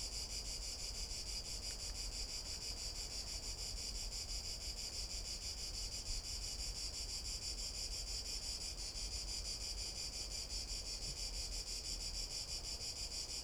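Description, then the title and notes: Cicada song, a continuous high buzzing drone with a steady pulsing texture, over low rumbling background noise. Cicada recorded from boardwalks around the lake at the Albufera de Valencia, Spain, on an afternoon walk; Zoom H1n recorder. "Valencia, España - Paseo por la Albufera. Chicharra [Cicadidae]"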